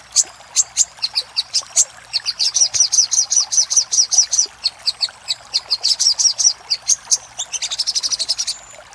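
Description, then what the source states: Little spiderhunter song: spaced high chips opening into a fast, even series of sharp notes, then a buzzy rapid trill at the end. Master recording for training cage birds; Indonesian name sogok ontong, labelled Labaik.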